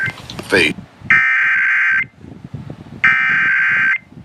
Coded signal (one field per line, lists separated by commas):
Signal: Emergency Alert System (SAME) tones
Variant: header bursts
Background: speech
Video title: Shasta EVI (EAS #3609-3612)